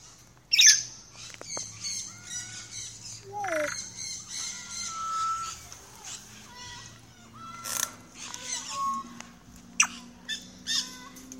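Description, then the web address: Parrots squawking with harsh bursts and short whistled notes, some rising and falling, scattered irregularly over a faint background hum. "The Bird Sanctuary parrots"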